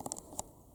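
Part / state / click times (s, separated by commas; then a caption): yellow plastic trim piece onto the back of a ride-on toy tractor steering wheel / not seated / none. A yellow plastic trim piece is pressed by hand onto the back of the plastic steering wheel of a Per Perego John Deere Ground Force children's ride-on toy tractor. Brief sharp plastic handling ticks come at about 0.1 s and 0.4 s over quiet rustling, with another tick right at the end. Nothing has seated or snapped into place yet.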